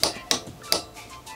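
A torque wrench set to 30 Nm tightens the clamp bolts on a motorcycle's telescopic fork, giving sharp clicks at 0.0, 0.3 and 0.7 seconds over music. The wrench clicks at its setting, confirming the bolts are tight.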